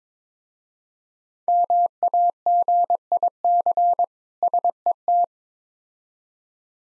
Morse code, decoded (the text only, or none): MAGIC SET